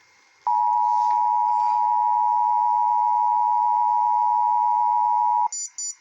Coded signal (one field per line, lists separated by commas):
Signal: Emergency Alert System (SAME) tones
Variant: 853 and 960 Hz attention tone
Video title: EAS 324 CIVIL EMERGENCY MESSAGE for Olmsted MN